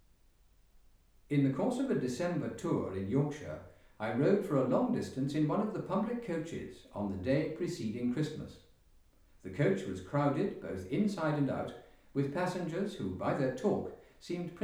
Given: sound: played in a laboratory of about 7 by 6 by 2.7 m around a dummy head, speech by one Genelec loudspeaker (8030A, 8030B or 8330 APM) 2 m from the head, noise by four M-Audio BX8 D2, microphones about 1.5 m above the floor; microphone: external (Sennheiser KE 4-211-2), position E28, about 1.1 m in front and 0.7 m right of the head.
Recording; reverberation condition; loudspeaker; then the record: male speech in English; medium; 90 degrees to the right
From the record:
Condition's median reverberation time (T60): about 510 ms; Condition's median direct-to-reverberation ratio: about -0.5 dB